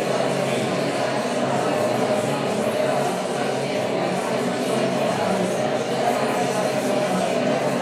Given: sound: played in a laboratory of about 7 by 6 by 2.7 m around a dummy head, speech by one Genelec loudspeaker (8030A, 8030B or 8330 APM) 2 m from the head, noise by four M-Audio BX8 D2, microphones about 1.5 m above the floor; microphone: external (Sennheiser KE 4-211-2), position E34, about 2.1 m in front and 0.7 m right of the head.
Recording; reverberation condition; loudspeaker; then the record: babble noise; high; four, about 170 cm from the corners of the room and facing them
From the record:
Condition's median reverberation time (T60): about 1300 ms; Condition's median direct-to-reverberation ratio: about -4.0 dB